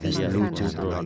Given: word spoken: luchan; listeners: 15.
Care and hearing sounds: one Spanish word in noise, from a listening test; four-talker babble; 0.1 dB; 0 of 15; 9 of 15; 0.66 s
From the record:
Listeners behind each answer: 9, 1, 1, 1, 1, 1, 1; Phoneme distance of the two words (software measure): 7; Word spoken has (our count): 2 syllables, 5 phonemes, stress on syllable 1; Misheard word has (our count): 2 syllables, 4 phonemes, stress on syllable 1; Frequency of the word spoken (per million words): 5.15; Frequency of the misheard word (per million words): 133.94

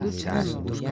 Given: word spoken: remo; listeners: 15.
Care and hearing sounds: one Spanish word in noise, from a listening test; four-talker babble; -1.6 dB; 0 of 15; 6 of 15; 0.51 s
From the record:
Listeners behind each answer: 6, 5, 2, 1, 1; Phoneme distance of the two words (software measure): 47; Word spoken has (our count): 2 syllables, 4 phonemes, stress on syllable 1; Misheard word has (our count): 2 syllables, 5 phonemes, stress on syllable 1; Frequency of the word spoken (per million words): 3.29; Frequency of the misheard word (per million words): 1.95

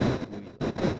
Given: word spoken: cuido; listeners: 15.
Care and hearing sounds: one Spanish word in noise, from a listening test; noise modulated by one talker; -12.7 dB; 0 of 15; 12 of 15; 0.60 s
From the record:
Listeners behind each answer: 12, 1, 1, 1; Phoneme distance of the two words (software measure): 10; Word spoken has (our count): 2 syllables, 5 phonemes, stress on syllable 1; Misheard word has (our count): 2 syllables, 5 phonemes, stress on syllable 1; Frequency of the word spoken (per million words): 1.36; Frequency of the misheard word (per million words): 46.31

